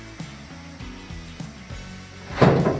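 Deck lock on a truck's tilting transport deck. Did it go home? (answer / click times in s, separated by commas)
no / none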